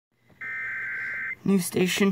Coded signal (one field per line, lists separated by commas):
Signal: Emergency Alert System (SAME) tones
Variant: header bursts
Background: speech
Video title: PDS Tornado Warning on WJGA (EAS #278)